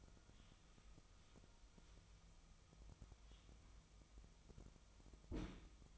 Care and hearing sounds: daily activity, microphone in the room; wipe stove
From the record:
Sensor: 1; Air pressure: 1004.9 hPa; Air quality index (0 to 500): 73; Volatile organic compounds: 1 ppm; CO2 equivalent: 968 ppm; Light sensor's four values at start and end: 9/23/9/10 and 9/23/9/10

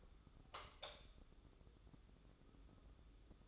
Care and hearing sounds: daily activity, microphone in the room; light on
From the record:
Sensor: 3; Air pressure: 995.3 hPa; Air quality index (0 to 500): 80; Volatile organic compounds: 6 ppm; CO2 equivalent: 1924 ppm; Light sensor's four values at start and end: 9/21/9/8 and 12/30/12/12

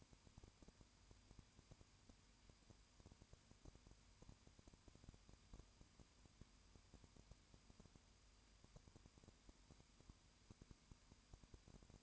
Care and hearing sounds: daily activity, microphone in the room; no activity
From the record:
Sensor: 2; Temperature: 20.8 degrees Celsius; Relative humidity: 38.3%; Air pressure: 1010.4 hPa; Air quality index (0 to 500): 200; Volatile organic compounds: 19 ppm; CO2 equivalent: 2651 ppm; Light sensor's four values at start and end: 2/3/2/2 and 2/3/2/2

